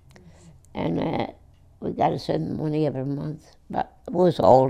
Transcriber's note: none